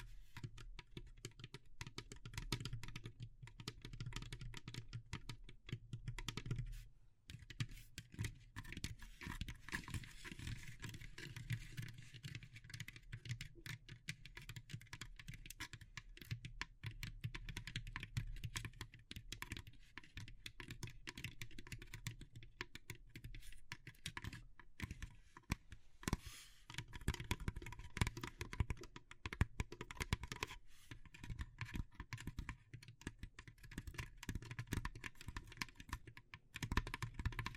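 Dense, rapid tapping and scratching on wood, bamboo and straw clicks on without letup, pausing briefly near seven and twenty-six seconds.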